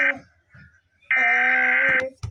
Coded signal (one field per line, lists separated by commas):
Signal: Emergency Alert System (SAME) tones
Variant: header bursts